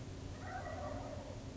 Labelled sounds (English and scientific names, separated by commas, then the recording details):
Wild Turkey (Meleagris gallopavo)
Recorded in Sonoma County, California